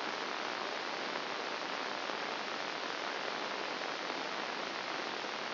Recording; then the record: brain microelectrode recording played as sound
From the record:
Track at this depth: inside the subthalamic nucleus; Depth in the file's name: 1.905 mm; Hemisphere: left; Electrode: 2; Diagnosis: Parkinson's disease